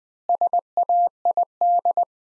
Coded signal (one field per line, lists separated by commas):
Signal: Morse code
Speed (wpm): 20 wpm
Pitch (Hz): 700 Hz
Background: none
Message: SAID